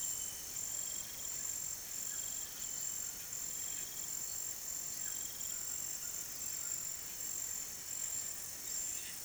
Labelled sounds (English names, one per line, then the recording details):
none
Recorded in pastures near Puerto Asís, Putumayo, Colombia, on 23 June 2025 at 18:00
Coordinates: 0.486, -76.323
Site H29